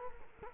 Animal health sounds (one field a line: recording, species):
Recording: mosquito wingbeat signal from an infrared sensor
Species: Culex quinquefasciatus